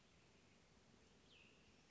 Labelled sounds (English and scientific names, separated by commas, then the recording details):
Cassin's Vireo (Vireo cassinii)
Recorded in Sonoma County, California